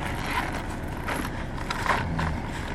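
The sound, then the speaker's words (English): A car's low engine rumble and road noise hold steady throughout, with a few faint scraping and clunking sounds over the top and no one talking. “That's my car.”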